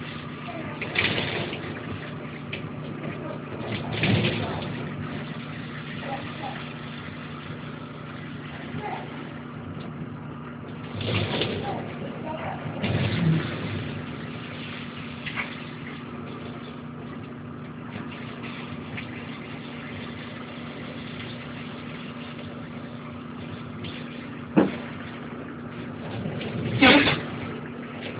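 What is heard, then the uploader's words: Steady background noise from a shower, a dense even hiss with a low hum running underneath throughout. Brief louder bursts break through around 1, 4, 11, 13 and 27 seconds, with a sharp knock near 25 seconds. Shower recording of background noise.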